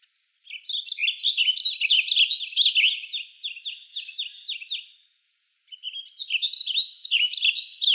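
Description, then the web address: Warbling vireo song: a long, rambling, rapid warble of slurred up-and-down notes, running over four seconds, a short pause, then another warbled phrase begins. Recorded in Arizona; date given as 05/16/06. "Shrikes Vireos AZFO WAVI 051606. deviche"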